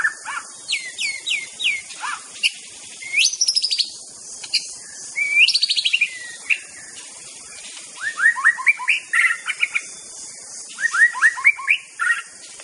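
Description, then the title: White-rumped shama song: rich, varied phrases of rising whistled slurs, repeated upsweeping notes and fast buzzy trills, with steady high hiss of insects behind. Wild bird, natural song recorded in forest. "Kicau Asli Murai Batu Hutan"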